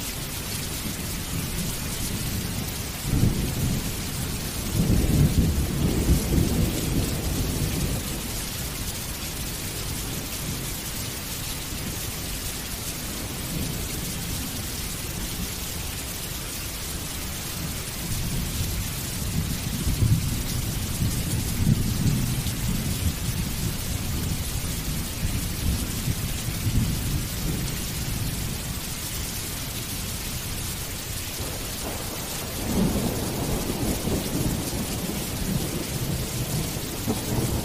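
Heavy rain pours down in a dense, steady hiss that never lets up. Deep thunder rumbles low underneath, swelling around 3 to 8 seconds, again near 20 to 24 seconds, and once more from about 32 seconds on.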